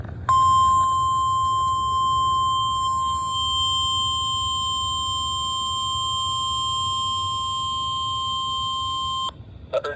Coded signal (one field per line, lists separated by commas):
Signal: Emergency Alert System (SAME) tones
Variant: 1050 Hz attention tone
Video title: EAS for Severe thunderstorm Warning! My first of 2021!